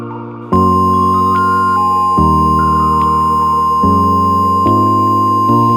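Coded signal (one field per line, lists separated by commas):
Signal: Emergency Alert System (SAME) tones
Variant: 1050 Hz attention tone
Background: music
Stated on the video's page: Fictional EAS scenario.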